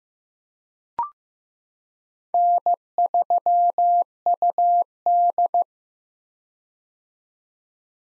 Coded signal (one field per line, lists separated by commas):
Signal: Morse code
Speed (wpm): 15 wpm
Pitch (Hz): 700 Hz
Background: none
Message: N3UD